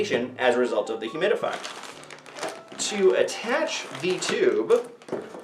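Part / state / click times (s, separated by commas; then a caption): heated CPAP tube connector into CPAP machine air outlet / not seated / none. Someone talks while a heated CPAP air tube's plastic connector is handled near the humidifier air outlet of a ResMed AirSense 10 CPAP machine, with crinkly handling noise and brief knocks around 2.1, 2.3 and 2.7 seconds. The connector has not seated or clicked onto the outlet yet.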